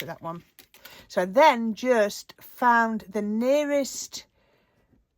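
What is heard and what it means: Someone talks while handling the movable section of an adjustable metal craft cutting die, shortening it by moving the section toward the nearest notch in its frame. Speech fills the clip until about 4.2 s, followed by near silence. Nothing has seated or clicked into place yet.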